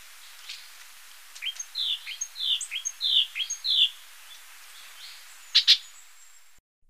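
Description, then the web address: Sepia-brown wren calls, a loose series of short sliding whistled notes spaced irregularly, with a couple of sharp clicks near the end. Recorded in Ecuador. "Natures Songs S America Birds of Ecuador Sepia-brown Wren"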